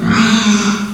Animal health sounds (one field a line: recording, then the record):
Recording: squeal of a Yucatan mini pig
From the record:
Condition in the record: after surgery on the right vocal fold (resection and tissue-engineered implant)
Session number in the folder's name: 14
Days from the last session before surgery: 133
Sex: female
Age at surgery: 19 weeks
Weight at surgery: 25 kg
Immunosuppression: prednisolone